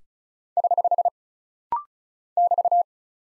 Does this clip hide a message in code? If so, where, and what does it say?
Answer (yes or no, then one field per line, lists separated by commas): yes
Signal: Morse code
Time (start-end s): 0.6-2.8 s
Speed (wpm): 36 wpm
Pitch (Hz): 700 Hz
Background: none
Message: <HH> <BT>